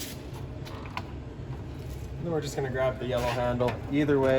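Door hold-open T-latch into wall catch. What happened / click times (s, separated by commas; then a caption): The door hold-open latch caught in its catch / 0.9 s, 1.0 s. On a 2021 Avenger 27DBS trailer, the swung-open entry door's T-shaped hold-open latch is pushed into the catch on the side wall, clicking at 0.9 s and 1.0 s as it seats to hold the door open. Someone then talks.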